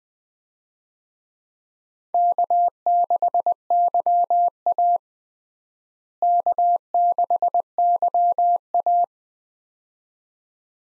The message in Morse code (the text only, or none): K6YA K6YA